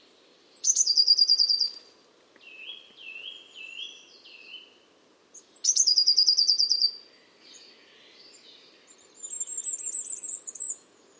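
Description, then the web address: Eurasian blue tit giving two fast high trills about five seconds apart, with soft slurred notes between them and a thinner rising trill near the end, over a low background hum. "Deverinetal 2025 File origin Bird Only Cy Ca"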